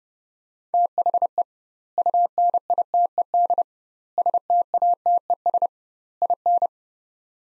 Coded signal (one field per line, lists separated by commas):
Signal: Morse code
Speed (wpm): 30 wpm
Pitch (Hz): 700 Hz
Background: none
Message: THE UNITED STATES IN